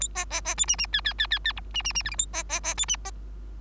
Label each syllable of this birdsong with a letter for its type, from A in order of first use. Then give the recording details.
A B B B C D D E E E E E F D D D G H A B B B C D B. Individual Bird3